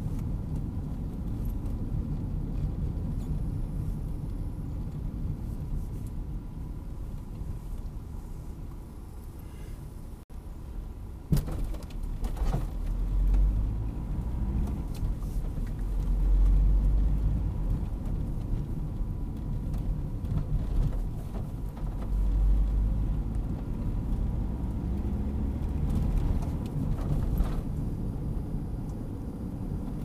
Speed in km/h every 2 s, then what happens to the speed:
29, 26, 19, 14, 11, 10, 18, 24, 28, 27, 26, 31, 40, 42, 41.
0-10 slows to 10. 10-16 speeds up to 28. 20-25 speeds up to 42.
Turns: none.